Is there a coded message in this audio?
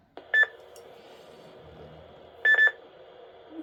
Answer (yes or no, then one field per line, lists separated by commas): no